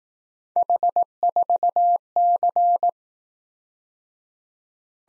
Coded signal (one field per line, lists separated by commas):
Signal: Morse code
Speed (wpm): 18 wpm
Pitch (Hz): 700 Hz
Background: none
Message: H4C